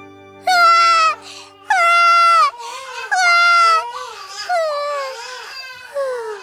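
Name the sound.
baby crying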